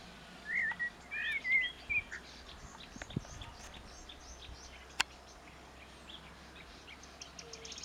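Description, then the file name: Common blackbird opening with a quick run of warbled notes, then quieter sounds and a single sharp click. "Turdus merula"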